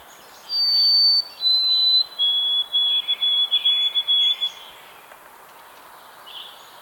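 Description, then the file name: White-throated sparrow song, a pure whistled opening sliding lower over two notes, then a run of short repeated notes, ending in quiet. "Zonotrichia albicollis - White-throated Sparrow"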